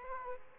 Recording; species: mosquito wingbeat signal from an infrared sensor; Aedes aegypti